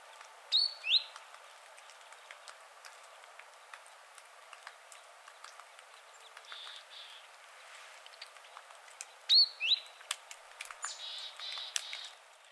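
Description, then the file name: Great tit calls: short sharp high notes in pairs near the start and again around nine seconds, with fainter notes between and after and a steady background hiss. "Parus major"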